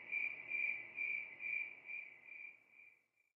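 Cricket giving a high pulsed trill, about five swells roughly half a second apart, then fading out into silence near the end.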